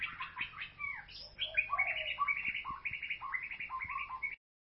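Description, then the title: White-rumped shama song: quick sharp notes, then a steady string of short warbled phrases repeated in a rhythmic run, with faint low clicks beneath. "Kicau Murai Batu"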